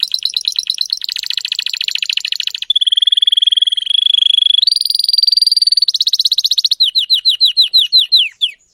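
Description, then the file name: Canary (Spanish Timbrado): canary song of rapid pulsed rolls that shift pitch from section to section, a smooth steady trill in the middle, then a run of quick downward-sweeping notes. Spanish Timbrado breed of domestic canary, called canário belga in the Portuguese title; singing. "canto do canario belga timbrado espanhol"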